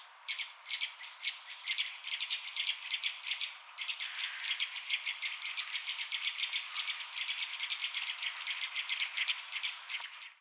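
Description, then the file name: Eurasian nuthatch giving rapid trilled series of sharp, high notes in bursts, with short gaps between runs, continuing for about ten seconds over faint background hiss. "Sitta europaea"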